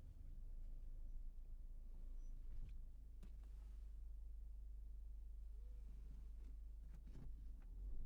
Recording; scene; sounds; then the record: everyday scene through a hearing-aid microphone; in a vehicle; engine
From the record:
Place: Berlingo II, diesel engine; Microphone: behind the ear, right, front